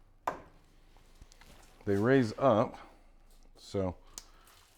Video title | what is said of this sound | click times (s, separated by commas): Amateur Jeep Build Part 3 Fenders Grill and Light Removal | So these, just pop out. | 0.3 s